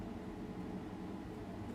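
A small internal bracket in an iPhone 7 screen replacement sits on its peg and is lined up to be folded over before being pressed home. Only a steady low hum and broadband noise are heard, with no sudden sounds. Nothing has seated or clicked yet.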